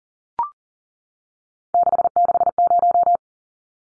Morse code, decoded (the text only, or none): 660